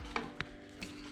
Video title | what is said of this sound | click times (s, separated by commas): NO DRILL Transducer Installation on an Aluminum Jon Boat Using a Stern Pad - 1648 Bass Boat Build | once you line up the grooves it'll kind of Click into place | 0.2 s, 0.4 s, 0.8 s